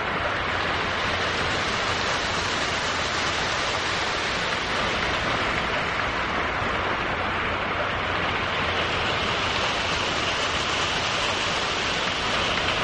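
Heavy rain pours in a dense, unbroken hiss that stays level for the whole stretch, filling everything from a low steady rumble to a bright upper wash. No single drops stand out; the downpour sounds constant, like a roaring sheet of water.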